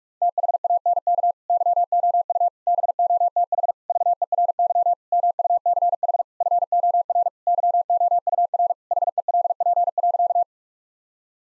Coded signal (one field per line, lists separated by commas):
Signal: Morse code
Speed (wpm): 41 wpm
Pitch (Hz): 700 Hz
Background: none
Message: THANK YOU BOTH VERY MUCH FOR YOUR HELP.